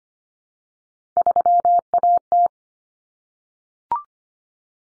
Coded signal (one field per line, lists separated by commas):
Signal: Morse code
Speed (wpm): 25 wpm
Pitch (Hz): 700 Hz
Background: none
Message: 3AT